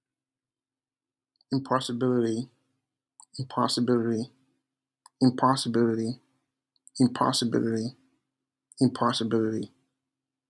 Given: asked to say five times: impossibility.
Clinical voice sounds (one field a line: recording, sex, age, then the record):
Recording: repeated word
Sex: male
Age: 20 to 29 years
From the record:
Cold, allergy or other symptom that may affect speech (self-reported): no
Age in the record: 29 years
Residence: United States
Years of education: 17